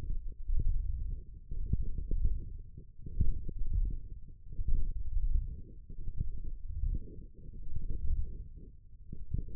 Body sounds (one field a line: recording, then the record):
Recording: forearm muscle sounds (acoustic myography)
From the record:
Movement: wrist flexion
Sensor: system 1, eight BSWA MPA416 microphones around the upper forearm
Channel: 7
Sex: male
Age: 23 years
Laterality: right